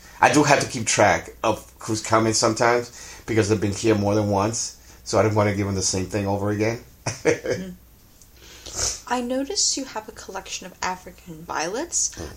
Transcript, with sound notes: I do have to keep track of who's coming sometimes because they've been here more than once so I don't want to give them the same thing over again [chuckles]
I noticed you have a collection of African violets.